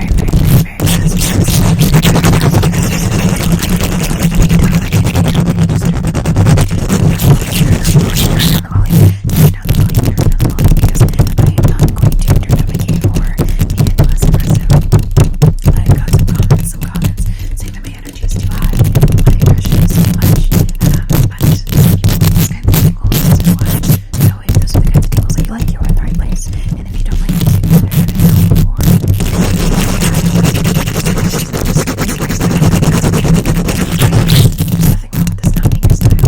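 Fast, aggressive scratching and tapping right on the microphone, dense with a heavy low rumble underneath a rough, gritty hiss. The rubbing barely lets up, broken only by quick sharp gaps, and eases slightly around seventeen seconds before resuming at full intensity.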